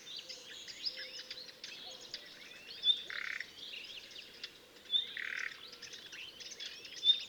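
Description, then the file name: Common nightingale song, a rapid, varied stream of high whistles, trills and sweeping notes with sharp accents, over steady background noise. "Luscinia megarhynchos"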